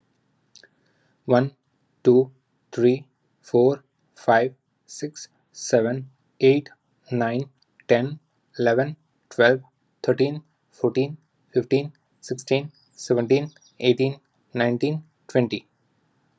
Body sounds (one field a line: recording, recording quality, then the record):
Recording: counting at a normal pace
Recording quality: excellent, no background noise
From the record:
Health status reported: healthy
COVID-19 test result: negative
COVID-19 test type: RT-PCR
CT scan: not taken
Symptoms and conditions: sore throat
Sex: male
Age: 32 years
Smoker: no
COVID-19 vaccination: both doses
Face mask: not worn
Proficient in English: yes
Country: United States